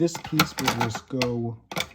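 Someone talks while handling a plastic track piece about to be pushed into the base of a Mattel Disney Pixar Cars Global Racers Cup Jumping Raceway playset, with a brief sharp sound near 1.8 s. The piece has not seated or clicked into place yet.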